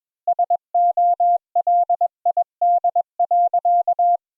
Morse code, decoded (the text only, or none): SOLID.